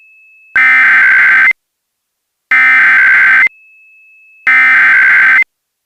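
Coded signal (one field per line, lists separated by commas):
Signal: Emergency Alert System (SAME) tones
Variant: header bursts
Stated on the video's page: Simulated, fictional EAS scenario within an entertainment film.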